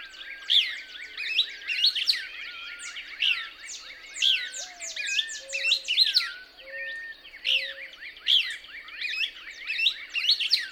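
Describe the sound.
Couch's Kingbird song: lively, overlapping high chirps in repeated bursts throughout, with a series of low whistled notes in the middle.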